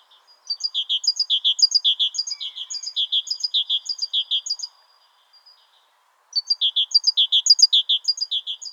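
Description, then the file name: Great tit song: bright two-note phrases repeated rapidly in a long strophe, a pause of about a second and a half, then the pattern resumes, with a faint low hum underneath. "Parus major"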